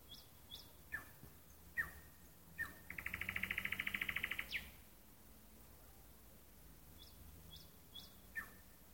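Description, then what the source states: Nightingale singing: sharp separated notes, then a fast rattling trill of even pulses lasting over a second, followed by short rising whistles repeated at intervals. Song at night in a park.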